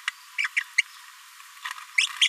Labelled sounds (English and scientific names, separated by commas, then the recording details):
Green-rumped Parrotlet (Forpus passerinus) babbling
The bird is a female
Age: 29 days
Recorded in a nest box in Venezuela
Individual 17B73B2